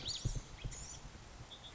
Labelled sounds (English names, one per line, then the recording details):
Blue-gray Gnatcatcher
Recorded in Sonoma County, California